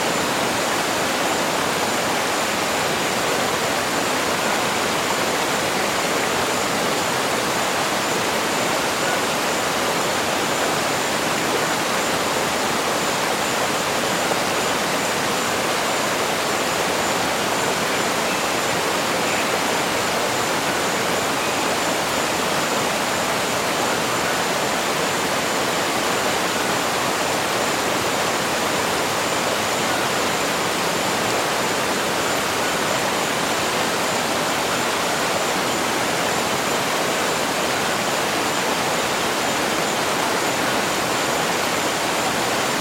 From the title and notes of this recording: Rainforest Waterfall | Sleep to the Sounds of The Cascading Water of Cachoeira Pedra Furada. We invite you to experience the mesmerizing tranquility of Cachoeira Pedra Furada in Brazil.